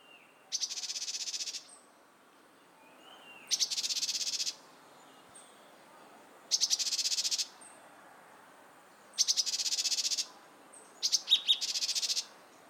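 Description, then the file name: Great tit calls: rasping, scolding churrs lasting about a second, repeated every few seconds over quiet background noise. "Parus major"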